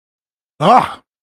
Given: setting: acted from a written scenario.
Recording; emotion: vocal sound without words; negative surprise